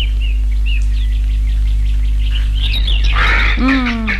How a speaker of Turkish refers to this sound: Bu kargalar da. Bir onlar var işte.